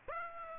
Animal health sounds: mosquito wingbeat signal from an infrared sensor; Aedes aegypti

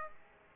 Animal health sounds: mosquito wingbeat signal from an infrared sensor; Aedes aegypti

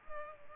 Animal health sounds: mosquito wingbeat signal from an infrared sensor; Culex pipiens

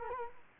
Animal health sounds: mosquito wingbeat signal from an infrared sensor; Culex quinquefasciatus

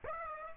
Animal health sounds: mosquito wingbeat signal from an infrared sensor; Aedes aegypti

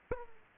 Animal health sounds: mosquito wingbeat signal from an infrared sensor; Aedes aegypti

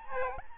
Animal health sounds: mosquito wingbeat signal from an infrared sensor; Aedes albopictus

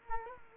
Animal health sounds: mosquito wingbeat signal from an infrared sensor; Culex quinquefasciatus

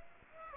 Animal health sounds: mosquito wingbeat signal from an infrared sensor; Aedes aegypti

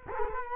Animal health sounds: mosquito wingbeat signal from an infrared sensor; Culex quinquefasciatus

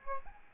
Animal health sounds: mosquito wingbeat signal from an infrared sensor; Aedes albopictus

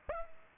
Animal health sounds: mosquito wingbeat signal from an infrared sensor; Culex pipiens

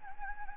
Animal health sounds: mosquito wingbeat signal from an infrared sensor; Anopheles gambiae

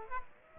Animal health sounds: mosquito wingbeat signal from an infrared sensor; Aedes aegypti

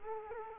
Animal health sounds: mosquito wingbeat signal from an infrared sensor; Culex quinquefasciatus

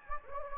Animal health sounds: mosquito wingbeat signal from an infrared sensor; Anopheles gambiae

